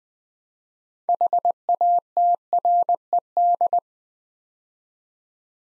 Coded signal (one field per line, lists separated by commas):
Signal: Morse code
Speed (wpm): 20 wpm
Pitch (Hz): 700 Hz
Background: none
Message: HATRED